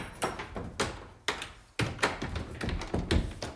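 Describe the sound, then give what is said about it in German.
A stiff door is shoved and forced open: a string of heavy, irregular thuds and knocks, roughly eight impacts with rattling in between, fairly loud and with no voices. “Ach, die Tür geht ja immer so schwer auf, Mensch.”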